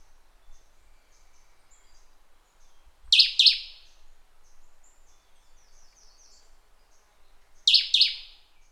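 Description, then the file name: Bird uttering two pairs of bright, high, falling chirps several seconds apart over faint background hiss. "SABIOD 50 bird 2015"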